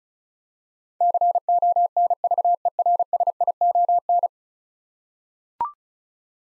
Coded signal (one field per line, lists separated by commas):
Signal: Morse code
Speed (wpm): 36 wpm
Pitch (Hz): 700 Hz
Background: none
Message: CONVERSION